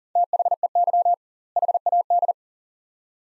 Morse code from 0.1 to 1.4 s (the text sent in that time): THEY